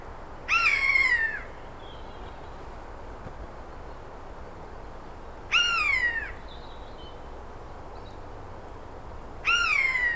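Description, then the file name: Eurasian jay calling three times, each a descending, harmonic mew, separated by several seconds of quiet. "Garrulus glandarius"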